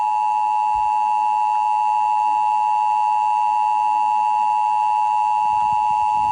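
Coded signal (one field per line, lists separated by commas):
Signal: Emergency Alert System (SAME) tones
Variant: 853 and 960 Hz attention tone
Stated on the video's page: Fictional alert scenario about a global hurricane, an animation.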